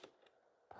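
A screw is driven flush by a Flex compact drill with its torque-limiting clutch engaged, and faint ticks near 0.0 s and 0.3 s lead up to a sharp click at 0.7 s as the clutch slips at its set torque. There is no cam-out, and the result is perfect.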